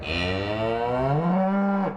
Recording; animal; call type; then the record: contact call of a hoofed animal; cattle; low-frequency (closed-mouth) or high-frequency (open-mouth) call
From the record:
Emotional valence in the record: negative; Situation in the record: full separation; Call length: 1.97 s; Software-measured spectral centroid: 1330 Hz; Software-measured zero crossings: 1460 a second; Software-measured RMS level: -24 dBFS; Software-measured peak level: -11 dBFS